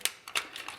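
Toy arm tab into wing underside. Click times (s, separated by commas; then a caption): 0.0 s. On a Garatron Thunderstorm (IDW Thunderwing) toy, a plastic arm piece is rotated 180 degrees and fitted under the wing, and its tab is pressed into the wing's underside. A strong, sharp click at 0.05 s marks the tab locking into place, followed by lighter plastic clicks and taps around 0.3, 0.4, 0.6 and 0.7 s. The tab is seated.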